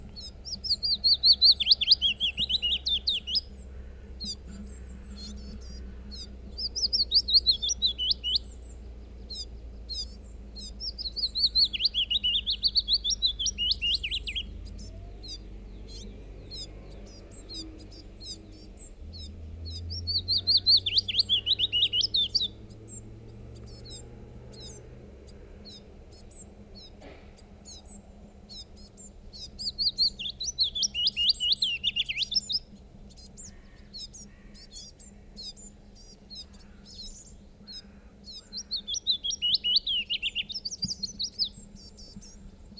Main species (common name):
Willow Warbler